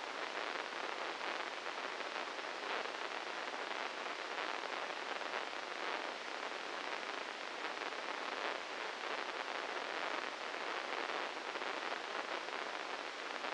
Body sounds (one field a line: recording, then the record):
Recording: brain microelectrode recording played as sound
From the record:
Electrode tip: inside the subthalamic nucleus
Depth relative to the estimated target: -2 mm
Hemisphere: right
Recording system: NeuroSet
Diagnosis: Parkinson's disease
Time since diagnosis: 15 years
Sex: female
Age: 59 years